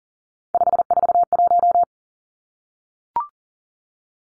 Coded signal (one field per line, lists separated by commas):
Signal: Morse code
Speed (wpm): 40 wpm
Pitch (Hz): 700 Hz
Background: none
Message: 541